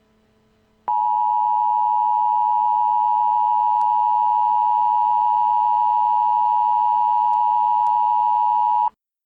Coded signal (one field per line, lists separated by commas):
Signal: Emergency Alert System (SAME) tones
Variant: 853 and 960 Hz attention tone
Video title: EAS Scenario #1, Evil Puro